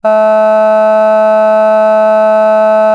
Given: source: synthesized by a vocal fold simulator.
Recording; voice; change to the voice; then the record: sustained vowel; female; vocal strain, level 2 of 10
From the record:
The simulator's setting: 0.11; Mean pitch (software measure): 216 Hz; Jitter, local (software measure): 0.15%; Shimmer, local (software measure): 1.0%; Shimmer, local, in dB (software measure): 0.09 dB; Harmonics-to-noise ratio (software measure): 33.8 dB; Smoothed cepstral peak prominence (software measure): 19.3 dB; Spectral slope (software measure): -23.1 dB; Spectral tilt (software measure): -8.6 dB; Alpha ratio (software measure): -13.6 dB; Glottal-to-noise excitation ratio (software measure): 0.982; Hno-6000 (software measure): 2.5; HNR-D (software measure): 41.3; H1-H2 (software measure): 8.5 dB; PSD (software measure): 1.5e-05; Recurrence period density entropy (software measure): 0.134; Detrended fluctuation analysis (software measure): 0.0160